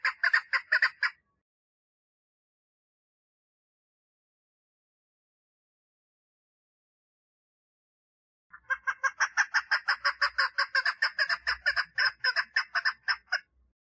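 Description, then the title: Partridge calling in a rapid series of harsh, rhythmic chuck notes; a brief burst opens, long silence follows, then a sustained run of repeated notes resumes near the end. "Perdiz Cantando"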